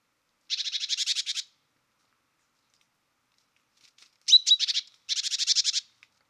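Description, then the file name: Great tit giving harsh churring chatters: a pulsed churr about a second long, then after a long pause a shorter burst with a sharp note, followed by another churr. "Parus major"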